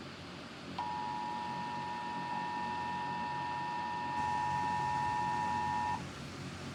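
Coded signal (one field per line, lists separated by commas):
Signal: Emergency Alert System (SAME) tones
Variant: 853 and 960 Hz attention tone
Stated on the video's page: Fictional EAS scenario alert tones.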